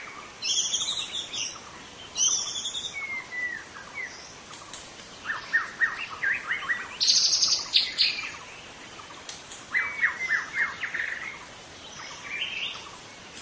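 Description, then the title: White-rumped shama song: harsh rattling bursts open, followed by quick clusters of sharp notes and brief whistles, phrases repeating in uneven rapid runs. In forest. "Suara burung murai batu hutan"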